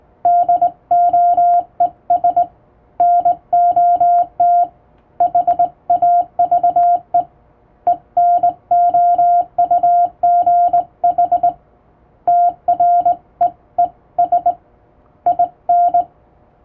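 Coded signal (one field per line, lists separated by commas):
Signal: Morse code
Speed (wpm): 20 wpm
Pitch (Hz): 700 Hz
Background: radio noise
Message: DOES NOT HAVE ENOUGH TREES IN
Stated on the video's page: Morse code practice for Japanese radio operator exams, sent on the amateur radio bands by a first-class radiotelegraph operator.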